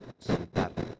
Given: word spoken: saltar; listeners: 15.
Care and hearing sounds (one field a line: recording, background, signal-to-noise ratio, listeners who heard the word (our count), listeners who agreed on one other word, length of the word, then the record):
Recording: one Spanish word in noise, from a listening test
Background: noise modulated by one talker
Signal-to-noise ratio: -7.2 dB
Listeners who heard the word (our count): 0 of 15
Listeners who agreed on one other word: 12 of 15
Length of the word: 0.59 s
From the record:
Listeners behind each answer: 12, 2, 1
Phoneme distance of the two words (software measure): 20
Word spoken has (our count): 2 syllables, 6 phonemes, stress on syllable 2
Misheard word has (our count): 2 syllables, 6 phonemes, stress on syllable 2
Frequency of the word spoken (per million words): 13.98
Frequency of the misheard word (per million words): 6.81